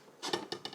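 After the grind size is set to 4, the removable burr and hopper part is handled as it goes back into the built-in grinder of a Breville Barista Express espresso machine. A soft broadband rustle from about 0.2 s is followed by short, sharp knocks at about 0.3, 0.5, 0.7 and 0.7 s. Nothing has seated or clicked yet; the part is not yet home.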